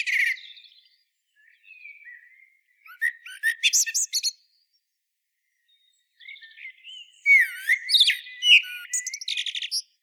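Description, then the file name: Eurasian blackbird with soft fluted warbles and two bouts of quick, scratchy high-pitched twittering, separated by a short silence. "Turdus merula"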